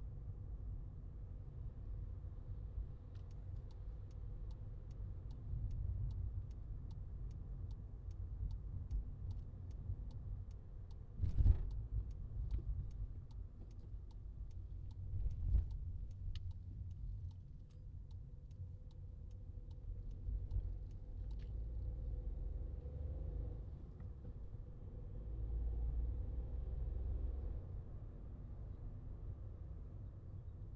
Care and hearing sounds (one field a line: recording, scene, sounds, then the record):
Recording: everyday scene through a hearing-aid microphone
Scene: in a vehicle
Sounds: engine, highway traffic jam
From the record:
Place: Skoda Fabia, gasoline engine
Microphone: in the ear canal, left